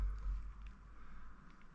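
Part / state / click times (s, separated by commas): key fob battery compartment halves / not seated / none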